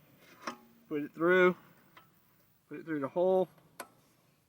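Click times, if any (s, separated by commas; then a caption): 3.8 s. A locking pin is pushed through the hole in a lift arm of a Kubota L3800 tractor's 3-point hitch while someone talks, with small taps near 0.5 s and 2.0 s. The pin gives a sharp click at 3.8 s as it locks into place, seating the hitch pin in the lift arm.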